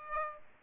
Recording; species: mosquito wingbeat signal from an infrared sensor; Aedes aegypti